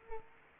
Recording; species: mosquito wingbeat signal from an infrared sensor; Culex quinquefasciatus